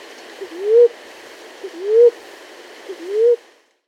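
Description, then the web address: Maroon-chested ground dove calls: three mellow, rising hoots, each starting with a faint note and climbing to an abrupt stop, about 1.2 seconds apart. Recorded in South America. "Natures Songs S America Maroon-Chested Ground-Dove"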